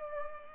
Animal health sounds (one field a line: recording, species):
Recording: mosquito wingbeat signal from an infrared sensor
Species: Culex pipiens